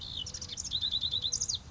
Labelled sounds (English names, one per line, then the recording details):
House Wren
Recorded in Sonoma County, California